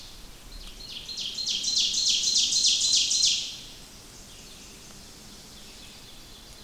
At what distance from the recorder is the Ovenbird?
about 20 m